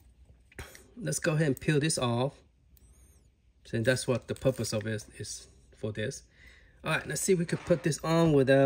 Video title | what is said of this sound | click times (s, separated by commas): Berzerk 1/6 scale cabinet - unboxing and review | is the one okay this time I did it right just push here instead and will snap | 0.6 s